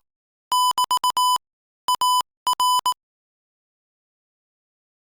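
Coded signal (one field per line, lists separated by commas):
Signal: Morse code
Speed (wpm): 18 wpm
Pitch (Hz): 1000 Hz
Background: none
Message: <BT> AR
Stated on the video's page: Morse code at 22 words per minute.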